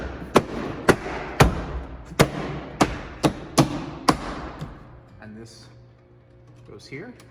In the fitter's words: and then put your paneling back up and it just all snaps back into place i'll do this quickly